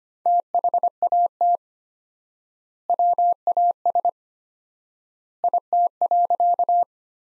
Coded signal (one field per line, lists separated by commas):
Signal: Morse code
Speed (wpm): 25 wpm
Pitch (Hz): 700 Hz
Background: none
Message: THAT WAS IT.